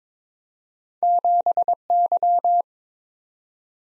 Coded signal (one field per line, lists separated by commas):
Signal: Morse code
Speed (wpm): 22 wpm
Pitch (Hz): 700 Hz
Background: none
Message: 7Y